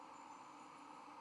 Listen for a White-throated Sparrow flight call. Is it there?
no